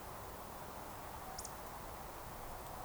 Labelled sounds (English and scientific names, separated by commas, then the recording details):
Eurasian Woodcock (Scolopax rusticola) whistle
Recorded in Baden-Württemberg, Germany, on 14 June 2020 at 20:16 UTC
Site 43791, 788 m above sea level